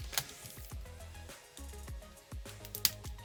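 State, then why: Seated. Over background music, a grooved plastic part of a Fans Toys FT-54 Warthog (Powerglide) transforming robot toy is brought over with light handling noises and snapped onto a long pin. A sharp click at 2.9 s shows the part has seated.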